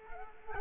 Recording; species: mosquito wingbeat signal from an infrared sensor; Culex quinquefasciatus